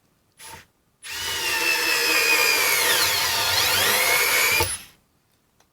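A battery-powered screwdriver, pushed down, drives a screw into a wooden 2x4 board, giving a brief motor whir near 0.5 s and then a steady, rising motor whine from about 1.0 to 4.8 s. A short faint hit at 5.6 s is where the bit slips in the screw head. The fastener is stripped.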